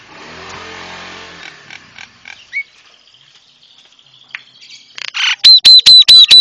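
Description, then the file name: Javan myna song: a soft hissing start, scattered clicks and thin whistles, ending in five loud sharp whistled notes repeated in quick succession. Masteran for training cage birds; white-eyed form (mata putih). "masteran jalak kebo mata putih"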